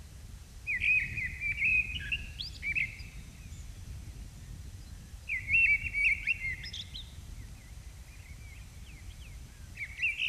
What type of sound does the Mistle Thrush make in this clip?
song